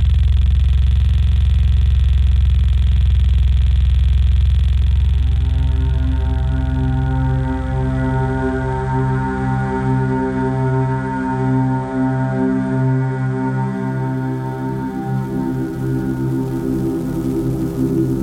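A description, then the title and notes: Layered tones with unusual overtones: a dense low rumble for five seconds, then stacked steady pitches emerge and waver, holding to the end. On one set, we toy with the unusual harmonics of complex, layered source tones. Sometimes dirty and uncomfortable.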